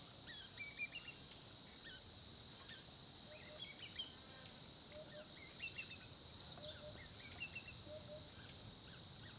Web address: Tonschliff - SOUTH AFRICAN CRICKETS BG South Africa Kruger Olifants 1030 am small pond